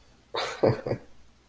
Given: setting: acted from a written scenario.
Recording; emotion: vocal sound without words; amusement